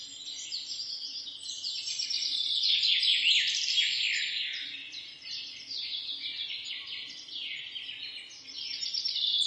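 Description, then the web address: Birds keep up a constant high twittering chorus, with rapid chirps layered densely and loudest around the third second. "sounds animals birds"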